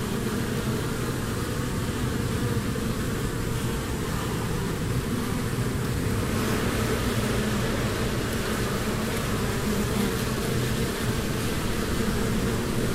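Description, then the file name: Honey bees humming in a steady low drone, even and unbroken, with a faint hiss above the buzz. Swarm humming at a beehive. "salamisound- -humming-of-a-beehive-swarm"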